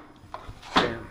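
A latch is rotated on a closed dishwasher detergent dispenser, a plastic soap cup lid in the dishwasher door, and the spring-loaded lid releases with a single soft click at 0.3 s. A louder, broader burst of sound follows at about 0.8 s and fades out. The lid pops open.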